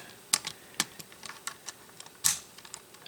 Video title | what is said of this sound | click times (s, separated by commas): How To Build A LEGO Economy Sized Travel Trailer Tutorial | it snaps in place now let's secure all | 2.3 s